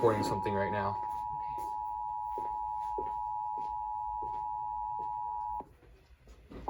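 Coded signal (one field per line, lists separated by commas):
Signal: Emergency Alert System (SAME) tones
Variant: 853 and 960 Hz attention tone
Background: speech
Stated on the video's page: Compilation of received weekly and monthly EAS tests from 2023.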